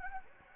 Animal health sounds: mosquito wingbeat signal from an infrared sensor; Anopheles gambiae

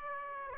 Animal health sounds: mosquito wingbeat signal from an infrared sensor; Aedes aegypti

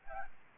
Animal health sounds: mosquito wingbeat signal from an infrared sensor; Aedes albopictus

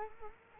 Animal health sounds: mosquito wingbeat signal from an infrared sensor; Culex quinquefasciatus

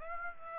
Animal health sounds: mosquito wingbeat signal from an infrared sensor; Aedes aegypti

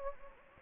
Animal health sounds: mosquito wingbeat signal from an infrared sensor; Anopheles gambiae

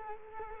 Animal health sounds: mosquito wingbeat signal from an infrared sensor; Culex quinquefasciatus

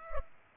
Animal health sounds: mosquito wingbeat signal from an infrared sensor; Culex pipiens

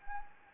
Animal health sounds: mosquito wingbeat signal from an infrared sensor; Anopheles gambiae

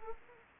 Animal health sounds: mosquito wingbeat signal from an infrared sensor; Anopheles arabiensis

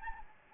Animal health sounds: mosquito wingbeat signal from an infrared sensor; Anopheles gambiae

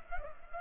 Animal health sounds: mosquito wingbeat signal from an infrared sensor; Culex pipiens

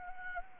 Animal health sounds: mosquito wingbeat signal from an infrared sensor; Anopheles arabiensis

